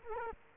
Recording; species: mosquito wingbeat signal from an infrared sensor; Culex quinquefasciatus